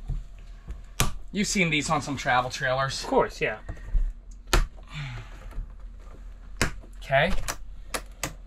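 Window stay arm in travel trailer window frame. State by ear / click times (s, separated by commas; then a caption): seated / 8.0 s, 8.2 s. Someone talks while a Euro-style travel trailer window is pushed open, and the stay arm in the window frame clicks into successive locking positions. Sharp clicks are heard at 8.0 s and 8.2 s as the arm seats into its detents, with other sharp knocks earlier at about 1.0 s, 4.5 s and 6.6 s.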